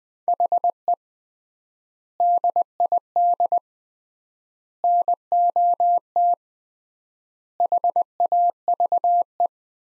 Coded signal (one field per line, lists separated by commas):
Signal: Morse code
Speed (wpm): 20 wpm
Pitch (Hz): 700 Hz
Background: none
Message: HE DID NOT HAVE